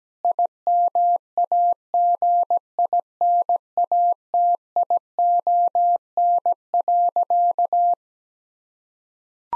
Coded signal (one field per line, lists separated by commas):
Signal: Morse code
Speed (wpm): 17 wpm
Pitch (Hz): 700 Hz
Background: none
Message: IMAGINATION.